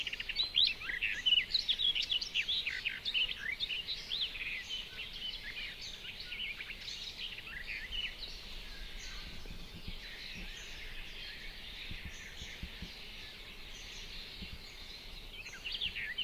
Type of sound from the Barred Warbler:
song